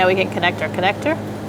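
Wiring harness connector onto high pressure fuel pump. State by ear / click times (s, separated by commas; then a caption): not seated / none. Someone talks while handling the plastic wiring harness electrical connector, about to push it onto the new high pressure fuel pump of a 2012-2018 Ford Focus, over a steady low hum. Nothing has seated or clicked yet.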